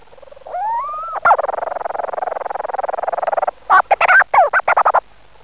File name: Oceanodroma leucorhoa